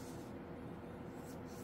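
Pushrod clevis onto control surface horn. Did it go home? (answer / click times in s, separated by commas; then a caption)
no / none. A plastic clevis on the end of a pushrod is held lined up at the control horn of an RC plane's control surface. Only a steady, even background hum is heard, with no sudden sounds. Nothing has clicked into place yet.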